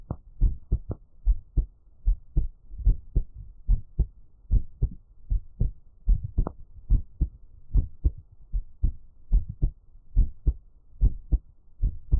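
Steady paired low thumps at about 72 beats a minute, an adult heartbeat heard up close.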